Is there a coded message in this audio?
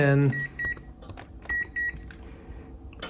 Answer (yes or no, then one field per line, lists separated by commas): no